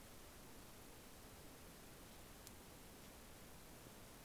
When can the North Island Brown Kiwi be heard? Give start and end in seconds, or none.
none